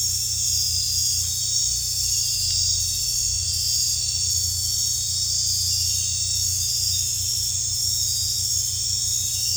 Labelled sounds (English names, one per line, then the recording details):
none
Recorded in dense forest near Puerto Asís, Putumayo, Colombia, on 18 December 2024 at 20:00
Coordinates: 0.467, -76.328
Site GP05